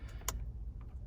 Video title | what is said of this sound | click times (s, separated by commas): 2010 Acura TSX Radio Removal Step By Step (DIY) | you hear that click | 0.3 s